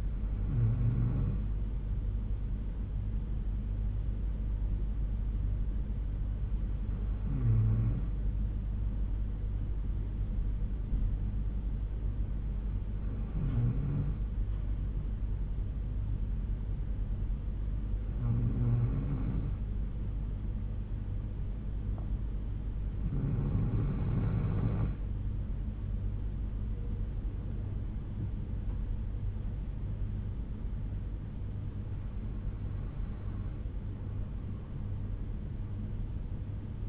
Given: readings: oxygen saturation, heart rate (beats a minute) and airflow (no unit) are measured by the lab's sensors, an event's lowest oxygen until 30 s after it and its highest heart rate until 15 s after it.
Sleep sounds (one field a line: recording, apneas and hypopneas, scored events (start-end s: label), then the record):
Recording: breathing in sleep by a smartphone at the bedside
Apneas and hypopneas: 1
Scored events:
3.00-26.80 s: hypopnea (N2, oxygen 95% highest, then 91% lowest, heart rate 60 at the start, 73 highest)
From the record:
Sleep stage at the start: N2 (light sleep)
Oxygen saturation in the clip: 90 to 95%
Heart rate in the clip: 60 to 73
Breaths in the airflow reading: 7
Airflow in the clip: -6.1 to 7.1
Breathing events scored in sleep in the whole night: 368 in 8.0 hours asleep